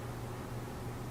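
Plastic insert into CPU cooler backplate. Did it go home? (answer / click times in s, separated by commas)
no / none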